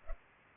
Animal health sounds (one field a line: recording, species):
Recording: mosquito wingbeat signal from an infrared sensor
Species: Culex pipiens